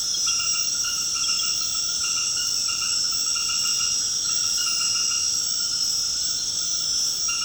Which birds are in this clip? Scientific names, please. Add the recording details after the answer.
none. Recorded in secondary vegetation near Puerto Asís, Putumayo, Colombia, on 19 February 2024 at 21:00. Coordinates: 0.472, -76.331. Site G6371